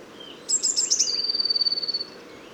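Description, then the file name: Eurasian blue tit song: a few very high, thin tsee notes followed by a long, lower, fast trill, over a steady low background hiss. "Cyanistes caeruleus"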